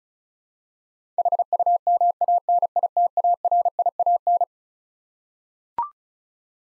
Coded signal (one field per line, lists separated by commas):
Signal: Morse code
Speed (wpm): 36 wpm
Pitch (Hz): 700 Hz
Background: none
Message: HUMANITARIAN